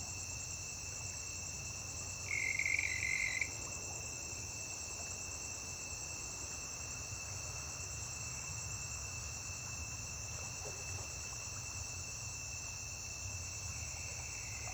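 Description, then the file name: Cricket chirping in a steady, unbroken high-pitched sound of several layered tones, with a brief louder buzzy burst a little over two seconds in. Constant cricket chirping recorded on a riverbank. "Grilo constante na beira de rio"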